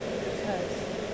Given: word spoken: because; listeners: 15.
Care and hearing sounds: one English word in noise, from a listening test; speech-shaped noise; -5.6 dB; 2 of 15; 8 of 15; 0.74 s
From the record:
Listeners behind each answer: 8, 2, 2, 2, 1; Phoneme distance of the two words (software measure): 41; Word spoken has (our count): 2 syllables, 5 phonemes, stress on syllable 2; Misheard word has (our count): 1 syllable, 4 phonemes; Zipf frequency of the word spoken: 6.22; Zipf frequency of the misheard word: 4.86

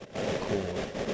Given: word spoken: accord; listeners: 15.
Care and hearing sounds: one English word in noise, from a listening test; noise modulated by three-talker babble; -3.5 dB; 2 of 15; 9 of 15; 0.74 s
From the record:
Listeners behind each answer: 9, 2, 2, 1, 1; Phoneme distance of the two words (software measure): 7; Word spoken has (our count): 2 syllables, 4 phonemes, stress on syllable 2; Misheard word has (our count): 1 syllable, 3 phonemes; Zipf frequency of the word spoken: 3.25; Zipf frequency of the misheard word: 3.65

